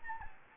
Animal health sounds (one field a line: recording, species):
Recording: mosquito wingbeat signal from an infrared sensor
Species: Anopheles gambiae